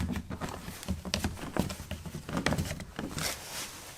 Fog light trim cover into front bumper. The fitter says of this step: just make sure you push all these areas and get all those tabs snapped back in